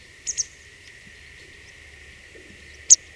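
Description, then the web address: Grey wagtail calls: a quick pair of sharp, very high notes, then a lone similar note near the end, over a steady high-pitched insect-like hum. "motacilla cinerea call"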